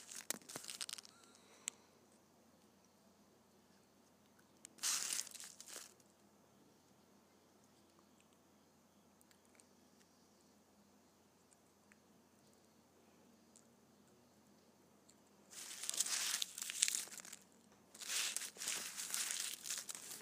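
Candy wrappers crinkle in short bursts of bright, papery rustling: one near the start, another around five seconds, then two longer, denser stretches from about fifteen seconds to the end. Between them there is only a low, quiet hum.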